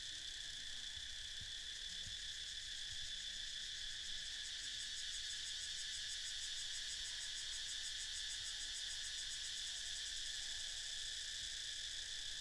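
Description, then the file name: Unbroken high-pitched cicada buzzing, rapidly pulsed and even in loudness, continues throughout with little else heard. More than one cicada. "freesound cicadas"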